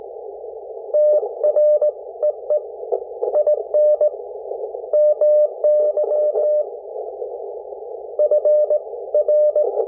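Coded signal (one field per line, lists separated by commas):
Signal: Morse code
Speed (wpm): 18 wpm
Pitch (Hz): 600 Hz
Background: none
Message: TREE IN MY FR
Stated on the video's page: 40 m CW contact sent on an E.F. Johnson SPEED-X 114-520 bug, the first contact with it.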